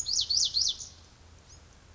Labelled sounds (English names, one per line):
Pacific Wren